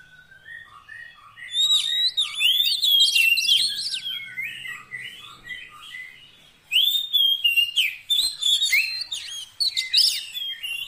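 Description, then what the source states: Oriental magpie-robin song: a long, dense run of varied whistles and trills, opening with a series of softer, lower piping notes. Long-duration fill-in (isian) song track meant to make the kacer sing energetically (gacor) day and night.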